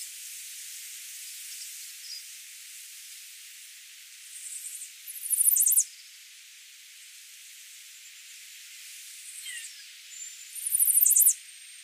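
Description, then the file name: Chestnut-sided warbler giving two quick, high-pitched sung phrases of clipped notes with emphatic ending, separated by several seconds of faint background hiss. "Setophaga pensylvanica - Chestnut-sided Warbler"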